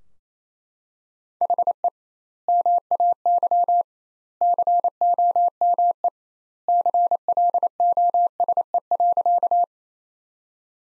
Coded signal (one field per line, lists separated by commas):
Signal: Morse code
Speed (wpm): 28 wpm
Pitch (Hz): 700 Hz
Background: none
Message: HE MAY COME CLOSE.